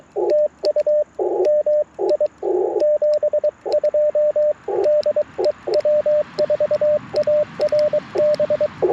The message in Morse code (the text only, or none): TU MI 72 DE W4ARB